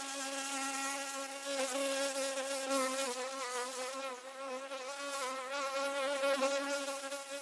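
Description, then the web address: Bee buzzing, a steady droning hum with many even overtones that wavers slightly up and down in pitch throughout. "пчела"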